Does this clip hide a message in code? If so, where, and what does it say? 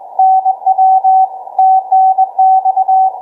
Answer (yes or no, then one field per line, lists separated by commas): yes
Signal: Morse code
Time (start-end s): 0.2-3.1 s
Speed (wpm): 20 wpm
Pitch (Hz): 760 Hz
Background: none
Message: NW TNX